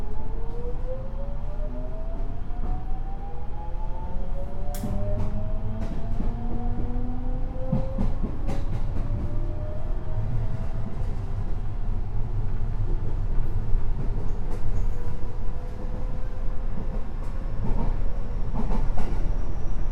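A 207-series commuter train runs steadily with a dense low rumble, rising motor whines gliding upward, and scattered clicks and rattles throughout.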